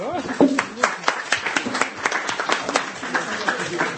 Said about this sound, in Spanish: ¡Exacto! El mismo Hank McCoy, el ganador. ¡Un aplauso!